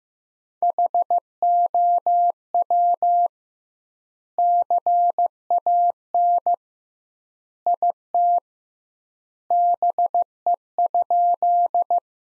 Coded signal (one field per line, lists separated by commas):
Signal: Morse code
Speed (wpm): 15 wpm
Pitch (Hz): 700 Hz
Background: none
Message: HOW CAN IT BE?